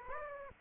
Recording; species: mosquito wingbeat signal from an infrared sensor; Aedes aegypti